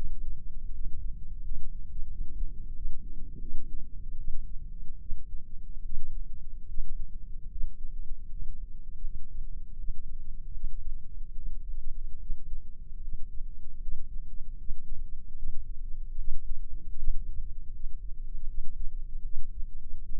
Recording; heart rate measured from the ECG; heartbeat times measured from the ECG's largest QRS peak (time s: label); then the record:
heart sounds by microphone in the left ear; 78 bpm
0.70 s: heartbeat
1.41 s: heartbeat
2.07 s: heartbeat
2.72 s: heartbeat
3.38 s: heartbeat
4.15 s: heartbeat
4.98 s: heartbeat
5.81 s: heartbeat
6.65 s: heartbeat
7.48 s: heartbeat
8.26 s: heartbeat
9.00 s: heartbeat
9.75 s: heartbeat
10.51 s: heartbeat
11.33 s: heartbeat
12.16 s: heartbeat
12.99 s: heartbeat
13.77 s: heartbeat
14.55 s: heartbeat
15.34 s: heartbeat
16.14 s: heartbeat
16.94 s: heartbeat
17.70 s: heartbeat
18.45 s: heartbeat
19.21 s: heartbeat
20.00 s: heartbeat
From the record:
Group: healthy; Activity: rest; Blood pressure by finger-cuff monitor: 119/75 mmHg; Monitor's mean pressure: 93 mmHg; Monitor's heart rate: 76 bpm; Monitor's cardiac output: 6.4 L/min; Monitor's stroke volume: 84 mL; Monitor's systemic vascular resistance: 1050 dyn s/cm5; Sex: female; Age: 24 years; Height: 163 cm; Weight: 55.7 kg